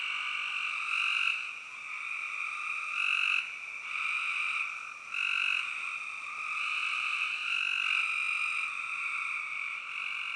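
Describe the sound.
Massed spring peepers give a continuous shrill ringing chorus, rising and falling slightly in loudness throughout.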